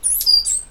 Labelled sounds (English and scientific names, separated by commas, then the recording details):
Stitchbird (Notiomystis cincta) song
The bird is a male
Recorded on Tiritiri Matangi Island, New Zealand, in 2005
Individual 8, of nest box 10